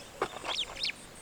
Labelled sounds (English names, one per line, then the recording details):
Superb Starling flight call
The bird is a female
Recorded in Kenya on 2 June 2010
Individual 8, of group CF1